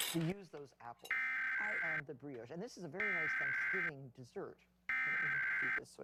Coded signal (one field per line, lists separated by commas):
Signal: Emergency Alert System (SAME) tones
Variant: header bursts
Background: speech